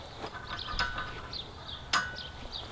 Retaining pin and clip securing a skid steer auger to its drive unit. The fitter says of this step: and it's locked into place and ready to go